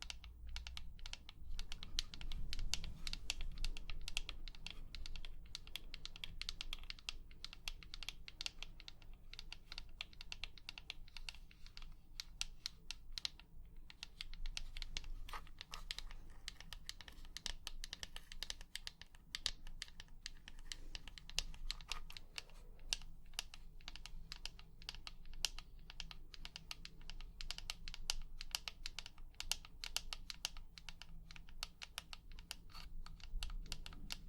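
Rapid, dense tapping like keyboard typing runs nearly nonstop, with a brief pause around thirteen seconds over a low steady hum.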